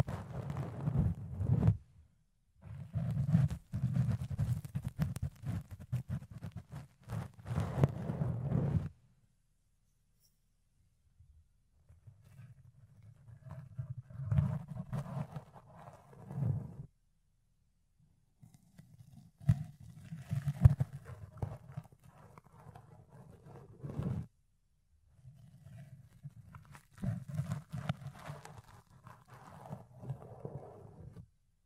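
Fluffy ear cleaning: low, muffled rubbing and scratching in bursts of a few seconds, separated by short silences around 9, 18 and 24 seconds.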